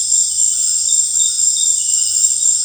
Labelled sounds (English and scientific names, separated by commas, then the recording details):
none
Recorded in dense forest near Puerto Asís, Putumayo, Colombia, on 21 December 2024 at 18:30
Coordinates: 0.484, -76.325
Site G056